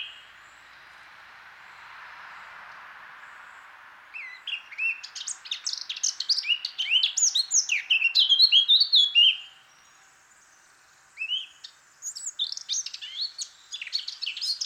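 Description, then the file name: Eurasian blackcap song: a fast, varied warble of chattering notes sliding into clearer whistled phrases, then a pause and a second burst of jumbled warbling. "Sylvia atricapilla"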